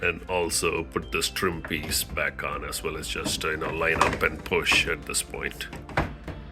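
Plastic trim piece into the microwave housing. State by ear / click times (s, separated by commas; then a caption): not seated / none. A plastic trim piece is lined up and pushed back onto the microwave housing, at the under-cabinet bottom panel area, after a light bulb upgrade, while someone talks over music. Brief handling knocks are heard near the end, but nothing has seated or clicked yet.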